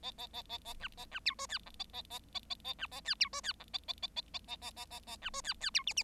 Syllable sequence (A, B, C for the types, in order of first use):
A A A A A B A B C D E F A A A A A A B A E C D E F A A A A A A A A A A B D E E C G G